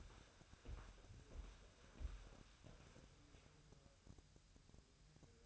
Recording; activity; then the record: daily activity, microphone in the room; walk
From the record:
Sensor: 2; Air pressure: 1015.2 hPa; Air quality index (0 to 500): 121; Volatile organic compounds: 4 ppm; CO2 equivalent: 1554 ppm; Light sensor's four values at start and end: 8/24/9/10 and 8/24/8/10